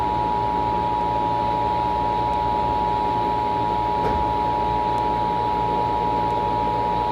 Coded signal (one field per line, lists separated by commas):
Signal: Emergency Alert System (SAME) tones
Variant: 853 and 960 Hz attention tone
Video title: (Credit to Everyone) Cold Local on the 8s and Cold Emergency Alert System 8/10/2020